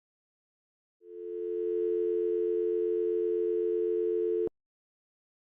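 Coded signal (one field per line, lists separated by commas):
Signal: telephone call progress tone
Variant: North America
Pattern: dial tone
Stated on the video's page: Call progress tone in a fictional EAS scenario, not real.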